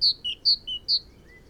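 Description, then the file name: Great tit song, two and a half quick seesaw phrases, each a sharp high note followed by a lower one, ending with a faint thin whistle. "Parus major"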